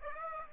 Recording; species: mosquito wingbeat signal from an infrared sensor; Aedes aegypti